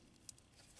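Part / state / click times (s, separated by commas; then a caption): adapter kit wiring harness into the factory headlight harness connector / not seated / none. An aftermarket adapter kit wiring harness is handled against a Jeep's factory headlight harness connector, plastic on plastic, during an aftermarket headlight install. Faint rustling and light patter are heard, with a brief sharp tick near 0.3 s. Nothing has seated or clicked yet.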